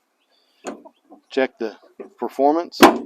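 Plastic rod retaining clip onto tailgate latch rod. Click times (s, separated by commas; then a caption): 0.7 s. On a 1999–2015 Chevy Silverado/Sierra tailgate that won't open, a plastic retaining clip on the tailgate latch is pressed without tools onto the metal actuator rod and snaps into place with a single short snap at 0.7 s. Someone then talks. The clip is seated on the rod.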